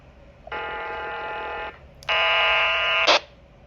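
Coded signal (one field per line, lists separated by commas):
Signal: HF data modem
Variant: VARA FM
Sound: two one-second bursts of dense buzzing multi-tone data, ending in a short hiss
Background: quiet room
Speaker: So let's say I'm gna press this and then press the the button. Okay. And see. We'll try and see.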